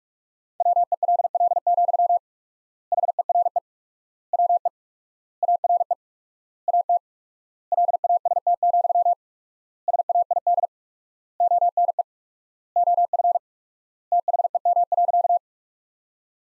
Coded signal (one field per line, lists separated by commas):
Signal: Morse code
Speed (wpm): 42 wpm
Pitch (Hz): 700 Hz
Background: none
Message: WELL, HERE WE ARE AT LAST, SAID ONE OF THEM.